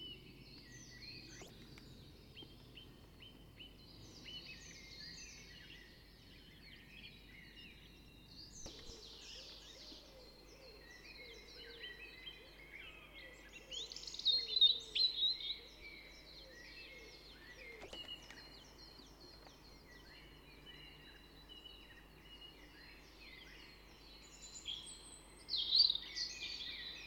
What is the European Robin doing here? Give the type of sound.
song